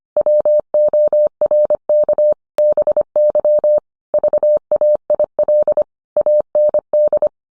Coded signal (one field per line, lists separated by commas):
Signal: Morse code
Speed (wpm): 25 wpm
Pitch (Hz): 600 Hz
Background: none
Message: WORK BY VAIL AND